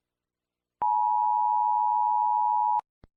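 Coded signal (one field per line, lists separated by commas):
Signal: Emergency Alert System (SAME) tones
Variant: 853 and 960 Hz attention tone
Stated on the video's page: Fictional practice EAS scenario, not a real emergency.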